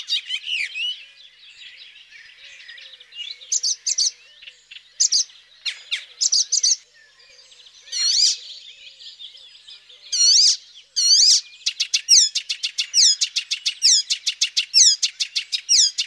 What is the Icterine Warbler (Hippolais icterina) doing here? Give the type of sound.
song